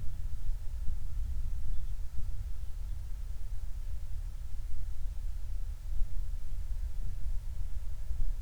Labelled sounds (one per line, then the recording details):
near silence
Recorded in the Prudhoe Bay oil fields, Alaska, on 28 July 2019 at 05:19
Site 25